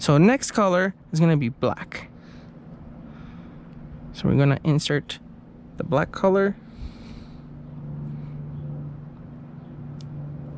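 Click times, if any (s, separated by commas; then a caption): 10.0 s. Someone talks while pushing the black wire's crimped terminal into its slot in a plastic multi-pin connector housing during rewiring of a generator's inverter module. A brief, sharp click is heard at 10.0 s as the terminal seats in the housing.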